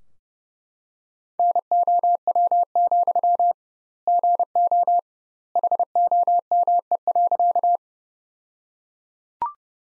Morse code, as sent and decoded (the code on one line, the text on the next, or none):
-. --- .-- --..-- / --. --- / .... --- -- . .-.-.-
NOW, GO HOME.